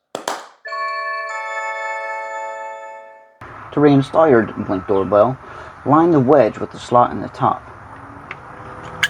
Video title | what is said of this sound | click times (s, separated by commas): Blink Doorbell Battery Replacement (Video Doorbell 2nd Gen & Battery Doorbell 2K+) | Slide it in, push till it clicks. | 0.2 s